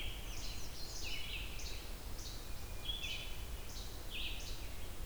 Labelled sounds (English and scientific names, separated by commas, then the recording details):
Red-eyed Vireo (Vireo olivaceus) song
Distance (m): 65 m
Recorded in boreal forest in Alberta, Canada, on 28 June 2016 at 07:38
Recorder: SongMeter 3, array SBT-6-79
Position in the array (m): 107 m, 210 m